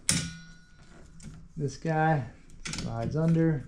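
A tab on the old wiper blade of a Hyundai Elantra is pushed and the blade is pulled off the wiper arm, with a sharp click at 0.1 s as it releases. Someone talks afterward. The old wiper blade comes free from the arm.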